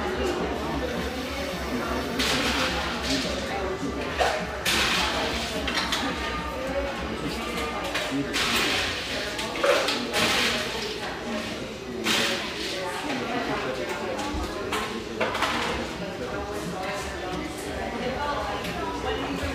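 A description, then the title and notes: Steady murmur of overlapping conversation fills a mellow exposed-brick bar in Overlook, Portland, with a low hum underneath. Sharp clinks and clatters cut through every few seconds, clustered around the middle and again near fifteen seconds. This mellow, exposed-brick gem frequented by railyard staff.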